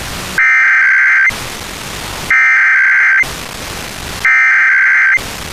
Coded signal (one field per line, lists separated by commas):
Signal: Emergency Alert System (SAME) tones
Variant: header bursts